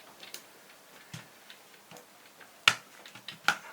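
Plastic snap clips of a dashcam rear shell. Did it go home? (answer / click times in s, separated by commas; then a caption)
released / 2.7 s, 3.5 s. A sharpened pry tool, filed down to a pointy end, is forced into the seam of the plastic casing of a 70mai A810 dashcam to unclip the rear shell for a battery replacement. Faint ticks and scrapes lead up to two sharp clicks at 2.7 s and 3.5 s as the plastic snap clips let go and the shell pops open.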